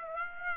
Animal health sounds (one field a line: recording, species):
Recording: mosquito wingbeat signal from an infrared sensor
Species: Aedes aegypti